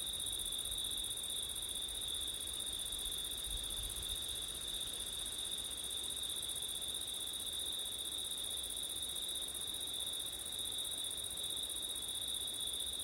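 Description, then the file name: Crickets trilling in a steady, unbroken chorus with two high-pitched bands, while low wind rumble swells briefly near the fourth second. Crickets on a September night in wind, recorded with an ORTF stereo setup. "crickets wind september night ortif"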